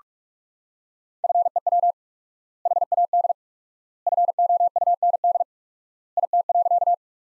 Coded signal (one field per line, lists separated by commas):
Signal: Morse code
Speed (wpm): 47 wpm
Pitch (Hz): 700 Hz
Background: none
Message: FEW HAD FOUND IT.